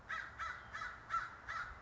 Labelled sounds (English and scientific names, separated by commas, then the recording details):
American Crow (Corvus brachyrhynchos)
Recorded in Sonoma County, California